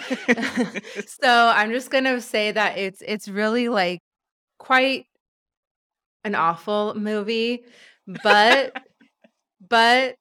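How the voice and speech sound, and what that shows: An adult woman speaks with stuttering that has persisted into adulthood: her speech breaks up with prolonged sounds, long silent blocks and a repeated "but". She stutters consistently, though not on every word.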